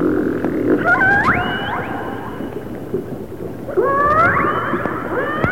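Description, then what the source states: Orca calls, several rising squeals and upswept whistles with stacked harmonics, overlapping over a constant underwater hiss. Resident orcas of the A clan.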